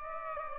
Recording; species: mosquito wingbeat signal from an infrared sensor; Aedes aegypti